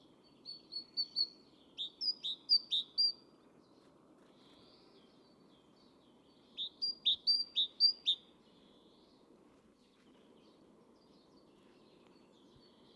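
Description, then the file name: Great tit with two bouts of sharp two-note phrases, several notes each, then quiet; steady low background noise throughout. "Parus major"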